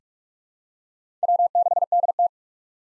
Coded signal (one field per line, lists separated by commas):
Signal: Morse code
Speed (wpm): 44 wpm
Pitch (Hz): 700 Hz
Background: none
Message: W6DT